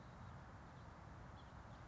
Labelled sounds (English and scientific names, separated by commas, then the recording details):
House Finch (Haemorhous mexicanus)
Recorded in Sonoma County, California